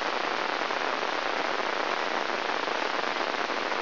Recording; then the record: brain microelectrode recording played as sound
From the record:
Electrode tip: inside the subthalamic nucleus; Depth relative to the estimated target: 0.1 mm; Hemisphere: left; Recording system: AlphaMap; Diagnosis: Parkinson's disease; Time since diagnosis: 21 years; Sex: female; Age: 61 years